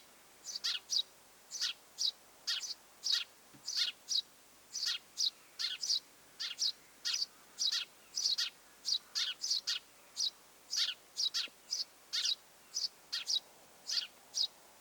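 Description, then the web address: Eurasian tree sparrow: high, thin chirps coming in uneven bursts throughout. Mother with nestlings in the nest; recorded 25 July 2026. "25 7 2026 pikkuvarpusemo ja poikaset pesassa"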